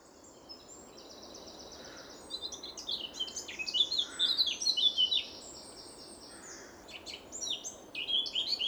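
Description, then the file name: Eurasian blackcap singing: quiet scratchy notes give way to a rich, rapid warble of high twittering and whistled notes, then short further bursts, with steady background noise. "Sylvia atricapilla"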